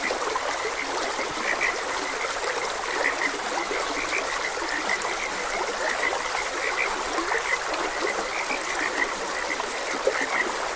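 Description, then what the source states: Frogs croaking, many short bright notes repeating over a steady rush of flowing stream water. Frogs croaking beside a gentle stream.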